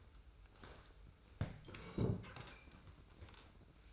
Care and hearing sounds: daily activity, microphone in the room; sit down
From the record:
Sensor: 2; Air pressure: 990.4 hPa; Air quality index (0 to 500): 183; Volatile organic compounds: 1000 ppm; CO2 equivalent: 5822 ppm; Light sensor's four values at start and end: 26/57/24/25 and 27/63/26/26

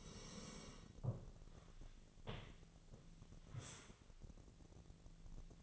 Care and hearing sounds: daily activity, microphone in the room; sit down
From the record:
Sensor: 4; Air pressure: 1001.2 hPa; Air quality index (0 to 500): 181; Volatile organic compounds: 2 ppm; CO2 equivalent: 1295 ppm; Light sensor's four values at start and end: 14/33/13/14 and 14/33/13/14

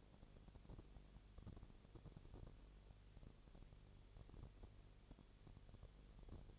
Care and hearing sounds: daily activity, microphone in the room; no activity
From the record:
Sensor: 4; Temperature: 22.7 degrees Celsius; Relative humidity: 32.0%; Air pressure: 1008.1 hPa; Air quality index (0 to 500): 114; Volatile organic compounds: 2 ppm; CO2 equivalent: 1105 ppm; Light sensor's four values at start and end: 2/3/1/1 and 2/3/1/1

